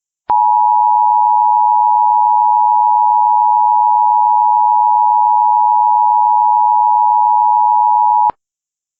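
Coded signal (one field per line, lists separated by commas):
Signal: Emergency Alert System (SAME) tones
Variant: 853 and 960 Hz attention tone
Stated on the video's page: EAS remakes with valid tones, from hurricane-related flash flood and tornado warnings.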